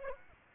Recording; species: mosquito wingbeat signal from an infrared sensor; Aedes aegypti